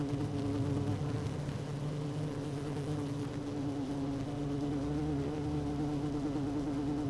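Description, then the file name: Honey bee colony buzz, a sustained low hum with a rumbling lower layer and steady overtones. Hive 1 with queen bee, recorded 12 June 2018 at 16:30. "Hive 1 12 06 2018 Queen Bee H 1 audio 16 30 00"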